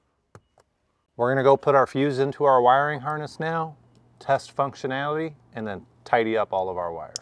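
A wired switch for a ditch light bracket kit on a 2022+ Toyota Tundra, oriented correctly, is popped into its opening in the plastic dash or trim panel, giving a sharp snap at 0.4 s and a fainter tick at 0.6 s. The switch is seated, and after a short pause someone talks for the rest of the clip.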